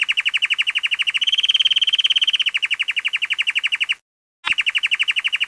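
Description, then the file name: Canary singing: a fast, even trill of bright repeated notes, briefly a little higher in pitch, breaking off for a moment, then resuming. "canarino canto"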